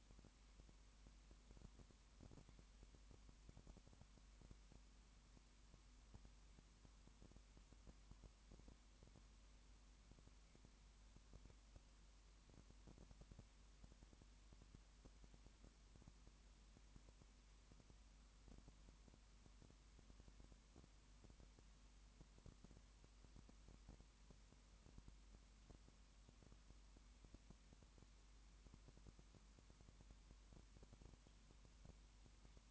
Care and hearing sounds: daily activity, microphone in the room; no activity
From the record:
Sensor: 1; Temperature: 19.2 degrees Celsius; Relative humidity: 37.8%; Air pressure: 1001.1 hPa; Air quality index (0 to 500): 198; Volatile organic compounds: 7 ppm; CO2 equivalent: 1995 ppm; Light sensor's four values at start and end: 1/2/1/1 and 1/2/1/1

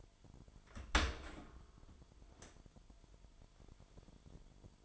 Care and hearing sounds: daily activity, microphone in the room; open dishwasher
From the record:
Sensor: 5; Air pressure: 998.5 hPa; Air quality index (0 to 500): 80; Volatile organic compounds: 1 ppm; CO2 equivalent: 911 ppm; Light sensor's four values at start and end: 23/54/23/25 and 23/54/23/25

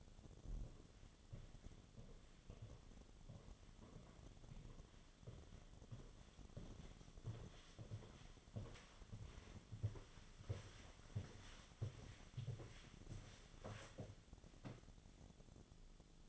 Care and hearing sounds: daily activity, microphone in the room; walk to room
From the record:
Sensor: 4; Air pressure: 1010.9 hPa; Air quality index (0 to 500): 161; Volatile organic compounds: 4 ppm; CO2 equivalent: 1643 ppm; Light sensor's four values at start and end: 44/125/51/52 and 41/117/47/49

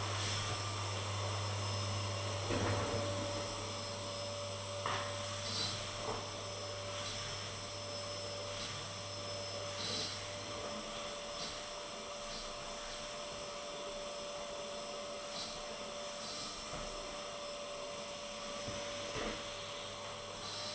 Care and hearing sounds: daily activity, microphone in the room; vacuum cleaning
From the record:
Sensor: 4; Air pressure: 1000.9 hPa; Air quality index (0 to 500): 138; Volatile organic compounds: 2 ppm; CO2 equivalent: 1024 ppm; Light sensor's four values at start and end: 28/66/28/30 and 28/68/28/30

